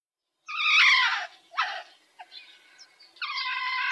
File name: Baummarder Martes martes